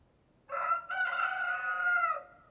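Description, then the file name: Chicken crow: one rooster crow, brief opening note, short gap, then a long harmonic phrase lasting over a second before stopping. Rooster (adult male). "Rooster Crowing Sound"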